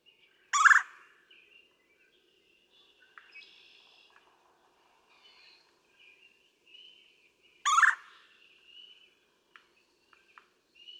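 Red-bellied woodpecker giving two harsh trilled churr calls about seven seconds apart, with faint high chips and whistles from other birds in between.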